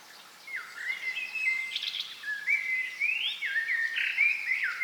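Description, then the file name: Common blackbird song: clear, loud whistled phrases that swoop up and down, repeated in quick succession with some buzzy twitters mixed in. "Turdus merula"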